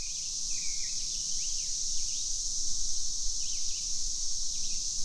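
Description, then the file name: Cicadas keep up a steady, high, hissing drone throughout, while birds add brief chirps and short swooping notes above a low background rumble. Cicadas recorded together with birds, Little Grand, June 2015. "Cicadas Plus Birds Little Grand Jun 2015"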